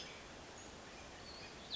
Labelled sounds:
Cassin's Vireo
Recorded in Sonoma County, California

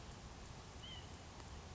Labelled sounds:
White-breasted Nuthatch
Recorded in Sonoma County, California

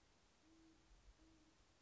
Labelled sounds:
Great Horned Owl
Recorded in Sonoma County, California

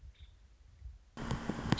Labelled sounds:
Nuttall's Woodpecker
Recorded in Sonoma County, California

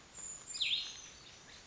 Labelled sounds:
Brown Creeper
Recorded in Sonoma County, California

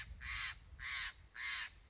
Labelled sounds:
Steller's Jay
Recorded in Sonoma County, California

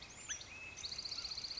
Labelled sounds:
Northern Flicker
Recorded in Sonoma County, California

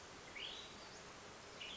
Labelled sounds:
Western Tanager
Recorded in Sonoma County, California

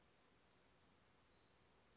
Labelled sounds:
Brown Creeper
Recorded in Sonoma County, California

